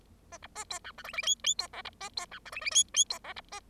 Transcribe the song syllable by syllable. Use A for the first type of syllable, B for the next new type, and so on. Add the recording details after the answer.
A B A C D E F F G G C H B A C D E F F G G C H B A. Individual Bird0